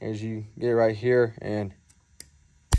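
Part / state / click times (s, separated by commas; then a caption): fuel line quick connect fitting onto fitting / seated / 2.7 s. A fuel line quick connect fitting is pushed onto its fitting while installing an AirDog 5G 165 GPH pump on a custom 2nd Gen Cummins build, as someone talks. After the talking, faint ticks come at 1.9 and 2.2 seconds. A sharp, loud click at 2.7 seconds shows the quick connect has seated.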